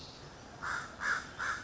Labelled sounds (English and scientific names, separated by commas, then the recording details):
American Crow (Corvus brachyrhynchos)
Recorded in Sonoma County, California